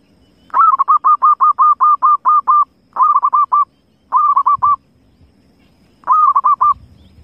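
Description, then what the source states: Zebra dove cooing in quick succession: one long run of about a dozen staccato coos, then three shorter bursts of five or so notes. Lure call used for trapping zebra doves.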